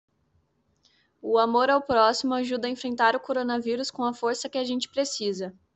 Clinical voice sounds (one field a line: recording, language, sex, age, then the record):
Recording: spoken sentence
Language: Brazilian Portuguese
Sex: female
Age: 20 to 29 years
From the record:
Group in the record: control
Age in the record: 22 years